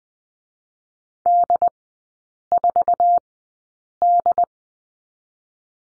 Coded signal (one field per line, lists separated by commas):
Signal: Morse code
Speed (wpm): 20 wpm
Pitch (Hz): 700 Hz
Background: none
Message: D4D